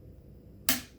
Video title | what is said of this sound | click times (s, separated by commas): How to install a Vortex Venom Red Dot. Swapping out a Burris FastFire 2 on a 45 degree mount. | It clicks, and then I'll do it one more time. | 0.7 s